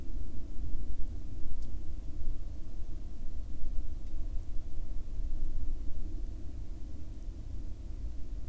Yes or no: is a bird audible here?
yes